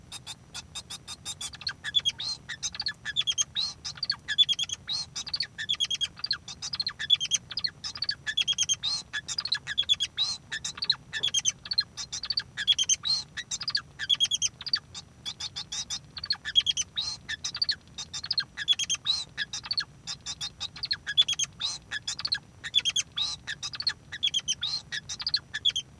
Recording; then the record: song of a male Bengalese finch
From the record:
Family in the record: son of father 2